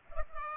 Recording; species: mosquito wingbeat signal from an infrared sensor; Culex pipiens